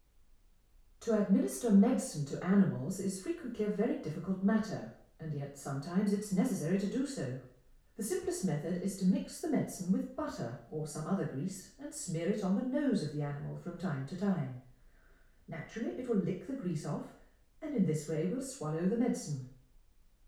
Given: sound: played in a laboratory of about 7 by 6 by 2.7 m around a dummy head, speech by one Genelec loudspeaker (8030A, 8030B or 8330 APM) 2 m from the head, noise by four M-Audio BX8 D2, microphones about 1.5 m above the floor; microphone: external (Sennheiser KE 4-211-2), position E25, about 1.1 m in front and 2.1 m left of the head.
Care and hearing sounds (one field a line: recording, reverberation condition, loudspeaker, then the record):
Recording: female speech in English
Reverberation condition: medium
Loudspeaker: 120 degrees to the left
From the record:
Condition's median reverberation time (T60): about 510 ms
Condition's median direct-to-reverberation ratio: about -0.5 dB